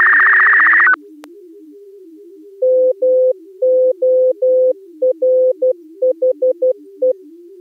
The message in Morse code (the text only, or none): MORHE